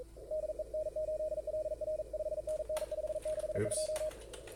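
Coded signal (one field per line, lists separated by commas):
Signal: Morse code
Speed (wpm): 42 wpm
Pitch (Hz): 620 Hz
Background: speech, radio noise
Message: DE N8LR 5NN 562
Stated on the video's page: CW contest traffic worked with logging software.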